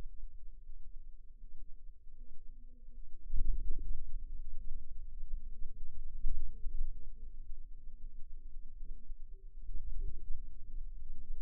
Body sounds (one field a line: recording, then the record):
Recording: forearm muscle sounds (acoustic myography)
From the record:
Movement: radial deviation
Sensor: system 2, bracelet of six BSWA MPA416 microphones around the upper forearm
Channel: 6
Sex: female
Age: 23 years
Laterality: right